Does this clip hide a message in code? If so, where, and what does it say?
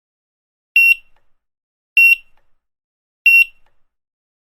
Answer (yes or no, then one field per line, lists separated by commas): no